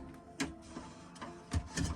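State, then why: Not seated. A Canon 725 toner cartridge is pushed into a Canon LBP6000 laser printer, giving sharp plastic knocks at about 0.4 s and 1.8 s over a low hum. Its broken plastic mounting tab keeps it from latching, so the cartridge does not lock in place and nothing has clicked.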